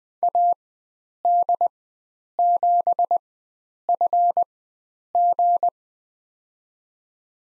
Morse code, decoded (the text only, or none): AD7FG